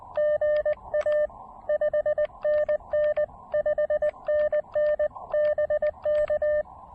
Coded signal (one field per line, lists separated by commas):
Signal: Morse code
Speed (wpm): 20 wpm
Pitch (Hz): 590 Hz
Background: radio noise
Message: GA 5NN 5NN BK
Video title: A One Watt, Low-Profile POTA Activation: Avoiding the Labor Day crowds by going off-trail!